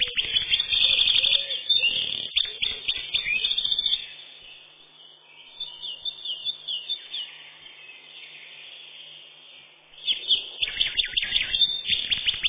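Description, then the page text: Eurasian wren with two bouts of fast, high twittering song, one at the start and one at the end, separated by a quieter stretch with faint notes. "Крапивник, или подкоренник, орешек (лат. Troglodytes troglodytes)"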